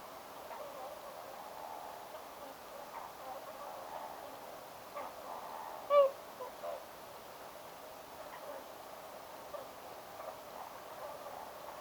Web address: paivat 29 10 2025 haarapaaskysen pesapaikan laulujoutsenpesue aantelee lahiaania sosiaalisia poikasten aantelyja suoraan aanittimesta